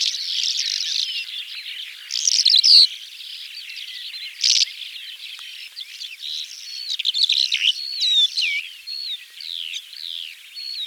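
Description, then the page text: Calandra lark song, a rich jumble of high chirps, trills and whistled slurs with several louder bursts. "Calandra Lark Songs. Quick Sounds"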